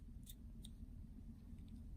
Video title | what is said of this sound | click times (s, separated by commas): How to remove your Apple series 4 watch band DIY | it needs to click in. | 0.6 s